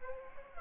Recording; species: mosquito wingbeat signal from an infrared sensor; Aedes aegypti